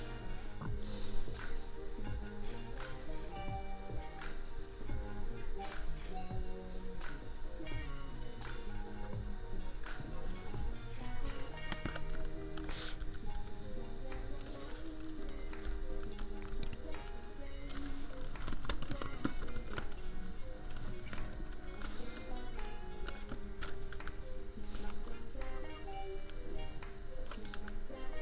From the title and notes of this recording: Typing. Just a lazy evening of keyboard tapping, royalty-free lofi beats, and an annoying laptop fan hum that no amount of equalizers or compressors could ever truly remove.